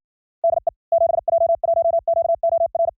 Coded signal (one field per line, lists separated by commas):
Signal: Morse code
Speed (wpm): 56 wpm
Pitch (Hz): 630 Hz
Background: none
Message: DE 7J1QOR